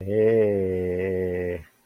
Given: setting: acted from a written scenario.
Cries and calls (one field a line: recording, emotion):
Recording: vocal sound without words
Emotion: triumph